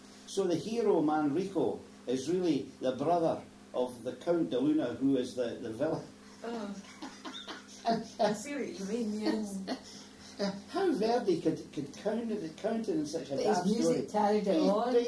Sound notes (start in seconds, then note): 6.4 bursts out laughing; 8.6 laughing